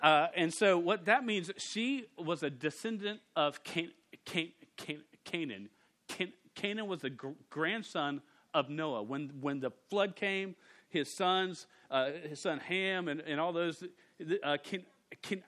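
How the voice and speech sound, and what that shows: An adult man who stutters reads scripture aloud during a sermon in a steady voice but catches on the word "Canaan". He repeats and holds the opening k-sound with short silent blocks, several times, and again at the end. These sound repetitions, prolongations and blocks are typical of stuttering.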